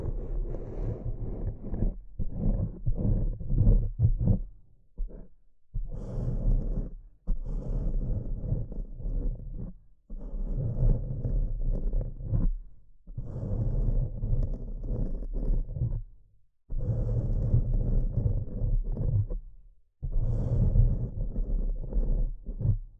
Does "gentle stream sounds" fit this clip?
no